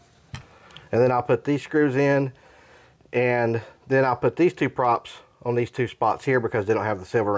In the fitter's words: and then just twisting it until it pops into place like that